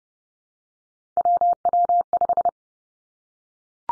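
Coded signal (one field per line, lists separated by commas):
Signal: Morse code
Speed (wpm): 30 wpm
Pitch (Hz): 700 Hz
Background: none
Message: WW5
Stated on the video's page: Morse practice drill at 30 wpm of three-character combinations of easily confused letters and numbers, each sent twice.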